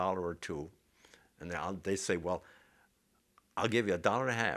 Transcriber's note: none